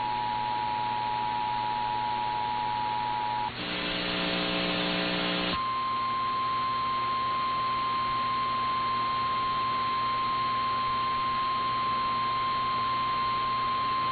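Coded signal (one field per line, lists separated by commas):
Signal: Emergency Alert System (SAME) tones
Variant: 853 and 960 Hz attention tone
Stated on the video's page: Tennessee statewide Amber Alert relayed by the National Weather Service Nashville, received on AM 1510.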